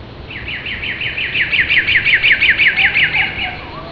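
Cacique giving a fast series of many evenly spaced, sharp downslurred notes, growing louder mid-series then fading, over low background noise.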